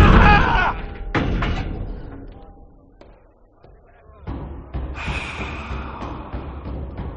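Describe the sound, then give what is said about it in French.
A door behind the speaker opens with a loud thump and clatter and a thin creak as it swings, then a quiet pause before rustling, shuffling noise picks up again. “La porte dans mon dos, mais elle s'ouvre !”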